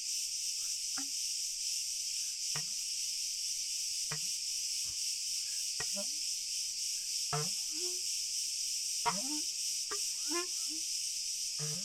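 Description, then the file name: Cricket chorus keeping up a constant high-pitched ringing, while low pattering plops sound irregularly throughout. "Schlag Ton Grillen"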